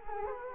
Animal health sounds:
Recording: mosquito wingbeat signal from an infrared sensor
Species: Culex quinquefasciatus

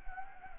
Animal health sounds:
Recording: mosquito wingbeat signal from an infrared sensor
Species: Anopheles gambiae

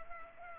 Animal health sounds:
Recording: mosquito wingbeat signal from an infrared sensor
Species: Culex pipiens

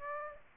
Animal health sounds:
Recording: mosquito wingbeat signal from an infrared sensor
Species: Aedes aegypti

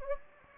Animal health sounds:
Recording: mosquito wingbeat signal from an infrared sensor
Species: Anopheles gambiae

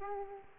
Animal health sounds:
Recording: mosquito wingbeat signal from an infrared sensor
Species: Aedes aegypti

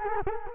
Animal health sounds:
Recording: mosquito wingbeat signal from an infrared sensor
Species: Culex quinquefasciatus

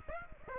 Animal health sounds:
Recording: mosquito wingbeat signal from an infrared sensor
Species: Aedes aegypti

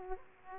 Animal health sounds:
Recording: mosquito wingbeat signal from an infrared sensor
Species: Aedes aegypti

